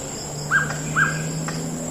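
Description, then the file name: Hooded pitta double call, two short arched whistles half a second apart, over a low background hum and a thin high continuous tone. "pitta sordida"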